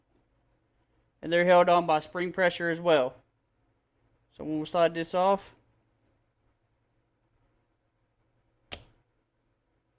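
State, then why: Released. Someone talks while the brush plate is slid off the commutator of a disassembled starter motor from a 2010 Cummins. At 8.7 s the spring-loaded carbon brushes in the brush holder plate snap out of their holders under spring pressure with one sharp click, releasing them.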